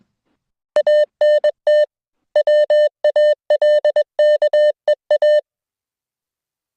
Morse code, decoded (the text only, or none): ANT WALKEA